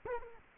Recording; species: mosquito wingbeat signal from an infrared sensor; Culex quinquefasciatus